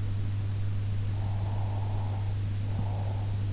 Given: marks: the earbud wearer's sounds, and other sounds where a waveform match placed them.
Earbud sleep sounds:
sounds in sleep by an in-ear microphone; breath
1.00-3.46 s: breath

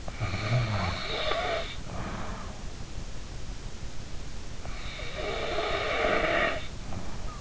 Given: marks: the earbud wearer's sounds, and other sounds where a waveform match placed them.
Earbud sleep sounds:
sounds in sleep by an in-ear microphone; snoring breath
0.23-2.31 s: snoring breath
5.10-7.41 s: snoring breath

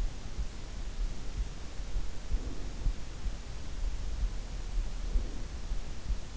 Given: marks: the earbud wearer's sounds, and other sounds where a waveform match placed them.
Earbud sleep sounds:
sounds in sleep by an in-ear microphone; breath
1.98-3.32 s: breath
4.89-5.82 s: breath

